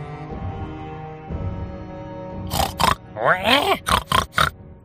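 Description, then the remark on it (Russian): A boar grunts in low, rumbling bursts, then breaks into a run of loud, harsh squeals and snorts, several sharp shrieks in quick succession with wavering high pitch. “Меня разбудило громкое хрюканье вперемешку с визжанием.”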